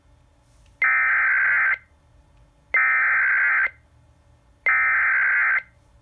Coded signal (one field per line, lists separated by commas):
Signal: Emergency Alert System (SAME) tones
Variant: header bursts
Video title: NOAA Radio (NO EAS) My First Winter Storm Watch!